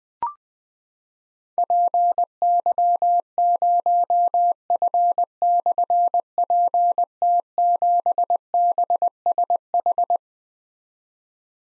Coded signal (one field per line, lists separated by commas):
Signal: Morse code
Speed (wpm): 20 wpm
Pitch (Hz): 700 Hz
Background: none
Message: PY0F/PT7BSH